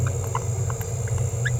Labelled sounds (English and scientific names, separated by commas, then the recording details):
Green-rumped Parrotlet (Forpus passerinus) babbling
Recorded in a nest box in Venezuela
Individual 18B17A5